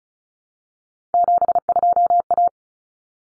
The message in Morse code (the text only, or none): 72A